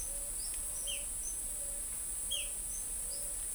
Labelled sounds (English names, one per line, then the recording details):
Eared Dove
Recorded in forest near Pivijay, Magdalena, Colombia, on 2 June 2023 at 14:30
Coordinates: 10.467, -74.380
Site Z5-G034